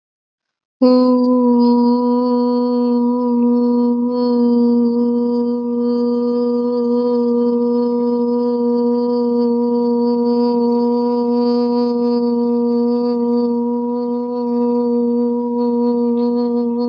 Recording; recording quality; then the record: sustained vowel as in boot; excellent, no background noise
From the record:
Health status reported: respiratory illness, not identified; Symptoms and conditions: none ticked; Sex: female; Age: 22 years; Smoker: not ticked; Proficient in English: yes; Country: India